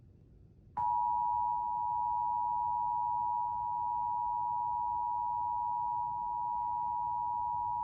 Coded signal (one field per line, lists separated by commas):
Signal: Emergency Alert System (SAME) tones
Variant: 853 and 960 Hz attention tone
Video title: EAS: NYC Required Monthly Test on 5 Different TV Stations (WCBS, WNBC, WABC, WPIX, WPXN)